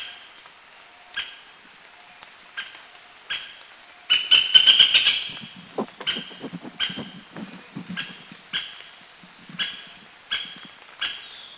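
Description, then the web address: Streak-breasted woodpecker giving sharp, clicking call notes at irregular intervals of about a second, with a denser rattling burst midway over a steady high insect hum. Recorded at Krung Ching, Thailand. "Thailand Krung Ching 09 Streak-breasted Woodpecker"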